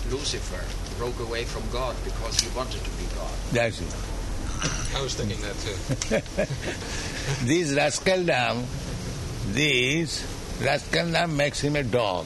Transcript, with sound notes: that Lucifer broke away from God because he wanted to be God.
That's it.
I was thinking that, too.
[laughs] This rascaldom... This rascaldom makes him a dog.